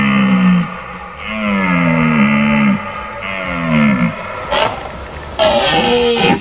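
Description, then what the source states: Red deer roaring, long low groaning bellows repeated several times with harmonic overtones, ending in a few harsher higher bursts. Rutting roar (berrea) of red deer.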